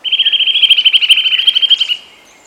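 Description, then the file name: Eurasian nuthatch delivering a rapid rattling trill of piping notes for nearly two seconds, evenly spaced and level in pitch, with quiet background. "Sitta europaea"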